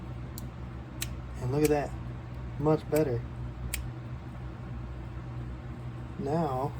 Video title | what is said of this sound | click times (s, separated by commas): How to Fix a Bail Spring on a Spinning Reel & Reel Oil Application | And if it snaps right in. | 0.4 s, 1.0 s